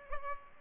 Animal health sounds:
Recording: mosquito wingbeat signal from an infrared sensor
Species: Culex pipiens

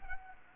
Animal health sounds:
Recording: mosquito wingbeat signal from an infrared sensor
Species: Anopheles gambiae

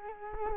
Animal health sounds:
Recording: mosquito wingbeat signal from an infrared sensor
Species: Culex quinquefasciatus

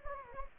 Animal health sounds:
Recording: mosquito wingbeat signal from an infrared sensor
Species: Anopheles gambiae

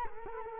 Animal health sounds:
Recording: mosquito wingbeat signal from an infrared sensor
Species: Culex quinquefasciatus

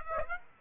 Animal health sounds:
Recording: mosquito wingbeat signal from an infrared sensor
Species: Aedes aegypti

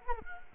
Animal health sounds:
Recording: mosquito wingbeat signal from an infrared sensor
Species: Culex quinquefasciatus

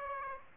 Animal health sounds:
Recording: mosquito wingbeat signal from an infrared sensor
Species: Aedes aegypti

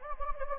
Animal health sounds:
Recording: mosquito wingbeat signal from an infrared sensor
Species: Anopheles gambiae

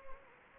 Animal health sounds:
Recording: mosquito wingbeat signal from an infrared sensor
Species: Anopheles gambiae

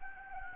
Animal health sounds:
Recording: mosquito wingbeat signal from an infrared sensor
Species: Anopheles gambiae

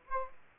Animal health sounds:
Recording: mosquito wingbeat signal from an infrared sensor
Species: Anopheles gambiae

